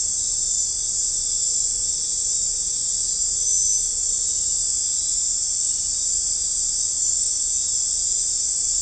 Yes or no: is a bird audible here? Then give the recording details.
no. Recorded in dense forest near Puerto Asís, Putumayo, Colombia, on 16 December 2024 at 01:30. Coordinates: 0.499, -76.324. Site G045